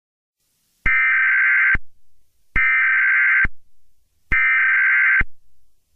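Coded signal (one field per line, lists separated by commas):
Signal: Emergency Alert System (SAME) tones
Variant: header bursts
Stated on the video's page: Fictional EAS scenario, not a real alert.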